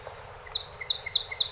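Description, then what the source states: Song sparrow song opening: four crisp, high, downslurred notes, spaced apart, with quiet background. A set of 48 songs recorded on 7 June 2018.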